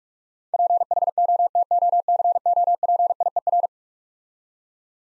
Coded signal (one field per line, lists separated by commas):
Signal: Morse code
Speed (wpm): 46 wpm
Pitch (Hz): 700 Hz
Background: none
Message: PHOTOCOPIER